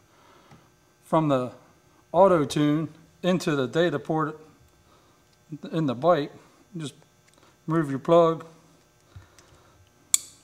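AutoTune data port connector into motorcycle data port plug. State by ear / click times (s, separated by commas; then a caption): seated / 10.1 s. Someone talks while the ThunderMax AutoTune data port connector is plugged into the data port plug on a Softail motorcycle. At 10.1 s a sharp, loud snap is heard as the connector seats in place.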